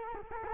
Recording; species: mosquito wingbeat signal from an infrared sensor; Culex quinquefasciatus